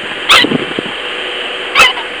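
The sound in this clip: Pika calls: two short, sharp squeaky eeps roughly one and a half seconds apart, over a steady background hiss.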